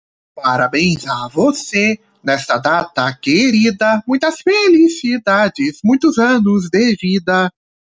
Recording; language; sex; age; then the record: short text; Brazilian Portuguese; male; 20 to 29 years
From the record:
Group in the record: control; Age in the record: 25 years